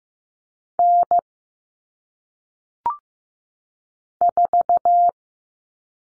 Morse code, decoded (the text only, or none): N 4